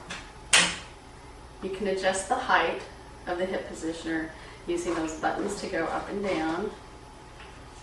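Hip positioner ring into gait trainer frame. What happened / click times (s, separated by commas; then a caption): The ring locked into the frame / 0.5 s. The back section ring of a Rifton Pacer gait trainer's hip positioner slides into the holes in the frame and locks in place with a short, sharp knock at 0.5 s. After that, someone talks.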